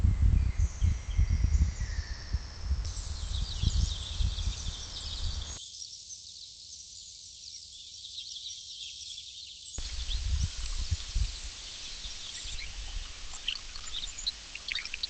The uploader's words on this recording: In the rainforest.